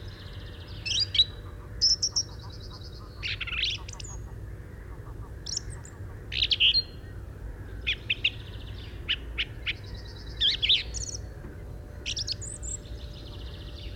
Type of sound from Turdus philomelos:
song